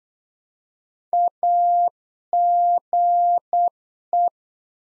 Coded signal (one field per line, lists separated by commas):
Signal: Morse code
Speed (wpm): 8 wpm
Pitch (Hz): 700 Hz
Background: none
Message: AGE